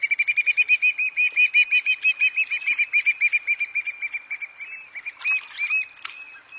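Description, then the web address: Black oystercatcher piping calls, a rapid run of loud, sharp whistled notes, slowing and becoming more irregular toward the end. Common western North American species. "Know Your Bird Sounds Common Western Species. Black Oystercatcher"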